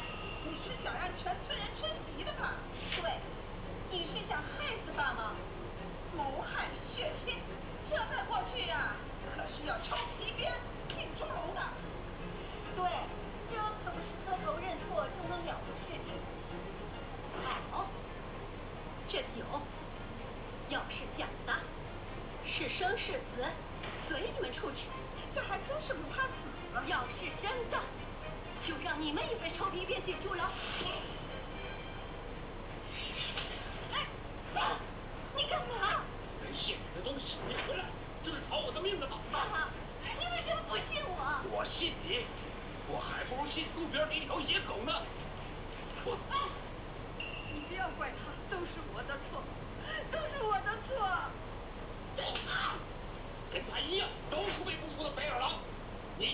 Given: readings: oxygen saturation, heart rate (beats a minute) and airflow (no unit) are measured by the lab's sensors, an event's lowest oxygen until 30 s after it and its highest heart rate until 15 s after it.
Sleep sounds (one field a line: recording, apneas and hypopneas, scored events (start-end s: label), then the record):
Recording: a person awake in a sleep study, by a voice recorder at the bedside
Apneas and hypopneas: none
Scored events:
0.00-56.34 s: awake
From the record:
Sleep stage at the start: awake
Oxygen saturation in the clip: 93%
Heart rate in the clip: 57 to 64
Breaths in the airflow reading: 18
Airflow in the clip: -5.4 to 5.9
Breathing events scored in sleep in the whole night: 476 in 9.7 hours asleep